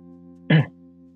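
One short throat clear, about a fifth of a second, with a low, voiced, rasping push of air. It comes from an adult man with a cough that will not stop. A faint steady hum runs underneath.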